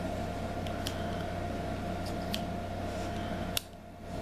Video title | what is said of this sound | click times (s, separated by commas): Colt CT660 Copper Series Moose: Just Buy a Rough Rider Instead | Decent snap into place. | 3.6 s